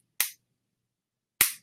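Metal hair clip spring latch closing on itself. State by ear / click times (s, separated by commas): seated / 0.2 s, 1.4 s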